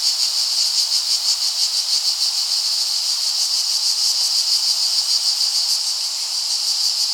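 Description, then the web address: Lyristes plebejus song, an unbroken shrill buzz that throbs rhythmically around three times per second throughout. "bg-cicadidae plebejus"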